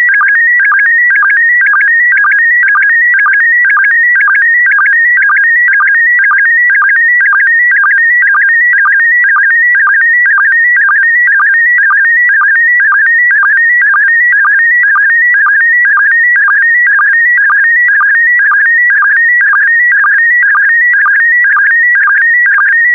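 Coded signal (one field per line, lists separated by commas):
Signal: SSTV (slow-scan television)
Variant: PD120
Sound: continuous warbling tone shifting in pitch, with short low chirps twice per second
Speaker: the next image transmission will start in 10 seconds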